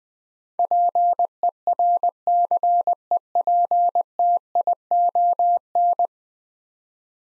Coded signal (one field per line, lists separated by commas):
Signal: Morse code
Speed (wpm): 20 wpm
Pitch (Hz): 700 Hz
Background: none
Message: PERCEPTION